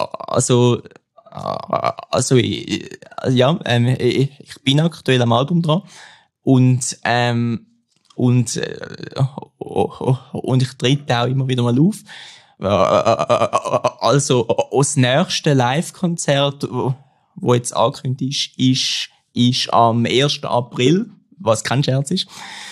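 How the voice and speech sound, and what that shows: An adult man speaks German with repeated words and sounds ("also… also", "und… und… und", "ich… ich"), stretched sounds and silent blocks of over a second before words resume. Tense, creaky onsets mark the struggle. This is developmental stuttering in a singer who sings fluently but stutters when he speaks.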